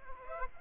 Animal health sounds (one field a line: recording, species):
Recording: mosquito wingbeat signal from an infrared sensor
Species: Aedes aegypti